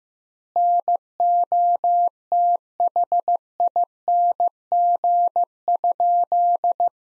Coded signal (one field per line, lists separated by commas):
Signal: Morse code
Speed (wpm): 15 wpm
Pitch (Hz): 700 Hz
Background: none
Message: NOTHING?